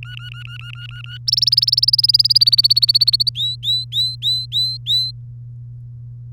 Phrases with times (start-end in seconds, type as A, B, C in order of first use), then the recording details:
0.03-1.18 A, 1.27-3.29 B, 3.35-5.11 C. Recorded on 3 May 2018 at 09:38. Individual llb3